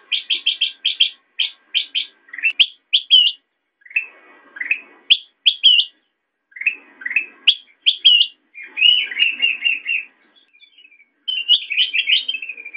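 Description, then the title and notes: Sooty-headed bulbul calling with quick rising chirps and short bubbly whistled phrases, some in fast clusters, others in slurred downward runs, with brief pauses between bursts. Recording made for training songbirds by example (masteran). "suara burung kutilang buat masteran"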